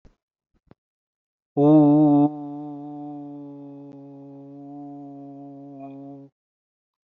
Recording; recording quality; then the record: sustained vowel as in boot; excellent, no background noise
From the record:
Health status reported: healthy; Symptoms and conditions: none ticked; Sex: male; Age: 44 years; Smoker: not ticked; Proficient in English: yes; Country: India